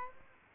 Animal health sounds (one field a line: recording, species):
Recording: mosquito wingbeat signal from an infrared sensor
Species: Aedes aegypti